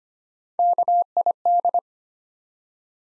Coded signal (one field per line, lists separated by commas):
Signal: Morse code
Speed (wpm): 25 wpm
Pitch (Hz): 700 Hz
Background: none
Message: KID